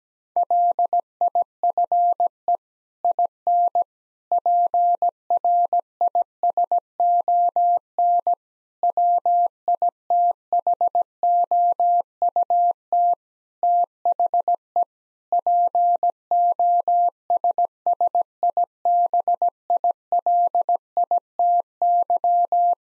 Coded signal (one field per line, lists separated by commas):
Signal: Morse code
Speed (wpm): 17 wpm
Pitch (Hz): 700 Hz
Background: none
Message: LIFE IN PRISON WITHOUT THE POSSIBILITY